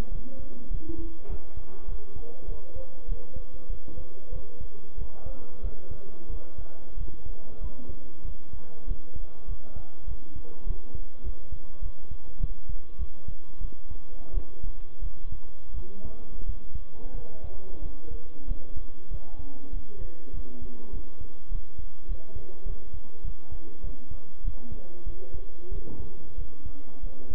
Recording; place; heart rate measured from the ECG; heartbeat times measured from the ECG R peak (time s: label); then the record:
heart sounds by stethoscope; between the tricuspid and mitral areas; 96 bpm
0.11 s: heartbeat
0.70 s: heartbeat
1.28 s: heartbeat
1.87 s: heartbeat
2.47 s: heartbeat
3.07 s: heartbeat
3.68 s: heartbeat
4.31 s: heartbeat
4.97 s: heartbeat
5.62 s: heartbeat
6.29 s: heartbeat
6.96 s: heartbeat
7.60 s: heartbeat
8.24 s: heartbeat
8.86 s: heartbeat
9.47 s: heartbeat
10.06 s: heartbeat
10.65 s: heartbeat
11.23 s: heartbeat
11.81 s: heartbeat
12.39 s: heartbeat
12.98 s: heartbeat
13.60 s: heartbeat
14.33 s: heartbeat
15.01 s: heartbeat
15.74 s: heartbeat
16.45 s: heartbeat
17.14 s: heartbeat
17.81 s: heartbeat
18.47 s: heartbeat
19.10 s: heartbeat
19.72 s: heartbeat
20.33 s: heartbeat
20.92 s: heartbeat
21.50 s: heartbeat
22.08 s: heartbeat
22.65 s: heartbeat
23.23 s: heartbeat
23.82 s: heartbeat
24.43 s: heartbeat
25.05 s: heartbeat
25.71 s: heartbeat
26.37 s: heartbeat
27.02 s: heartbeat
From the record:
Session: bicycle stress test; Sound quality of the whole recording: good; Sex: male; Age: 23 years